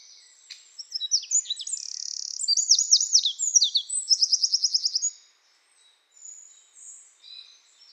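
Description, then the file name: Eurasian wren song, a loud rapid outpouring of high trills and buzzy rattles lasting about five seconds, followed by a few fainter notes. "Troglodytes troglodytes"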